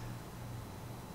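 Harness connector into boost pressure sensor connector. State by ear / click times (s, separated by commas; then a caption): not seated / none. During a RaceChip tuning installation on a Mercedes-Benz C43 AMG (also GLC 43, GLE 43, C450), the male end of a plastic wiring-harness connector is being pushed toward the female end of the boost pressure sensor connector. Only a steady low hum around 100–200 Hz and broad background noise are heard, with no sharp transients. Nothing has seated or clicked yet.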